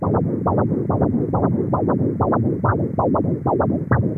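Irregular heart sounds from an adult heart, heard through a stethoscope, with beats arriving at uneven intervals.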